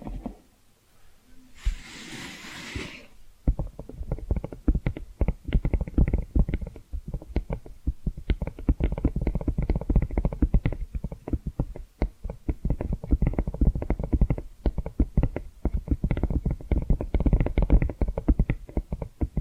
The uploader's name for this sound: Hypnotic Tapping & Scratching Sounds